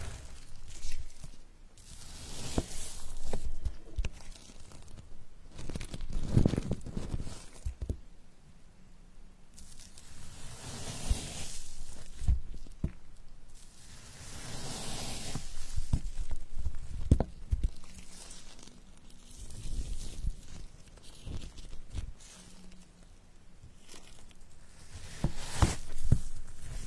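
Cheesecake being cut, with repeated soft scrapes and muffled knocks of a knife every few seconds, and quiet pauses between strokes.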